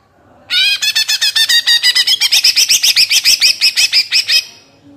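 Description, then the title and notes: Greater green leafbird song: a fast, steady run of many loud, harmonically rich repeated notes lasting about four seconds. Captive bird in full song with crest raised, melodious with bursting trilled delivery; recording meant as a tutor model for training caged greater green leafbirds. "Cucak Ijo Gacor Ngentrok Jambul Nembak. suara burung cucak ijo gacor, merdu cocok buat masteran burung cucak ijo"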